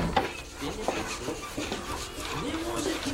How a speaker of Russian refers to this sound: В мастерской у Андрея ребята работают, крутится магнитофон.